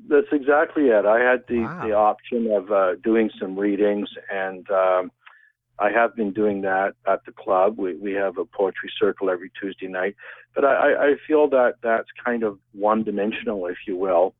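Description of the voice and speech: An adult man who stutters speaks over a telephone-quality line, with repeated words ("I-I-I", "we-we", "the-the") and prolonged pauses, fitting mild stuttering.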